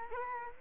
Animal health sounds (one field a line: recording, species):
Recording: mosquito wingbeat signal from an infrared sensor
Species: Culex quinquefasciatus